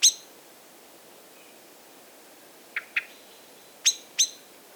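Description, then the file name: Common blackbird calls: sharp, high, clipped notes, one at the start, then a pair near three seconds and two more near four seconds, with quiet between. "Turdus merula"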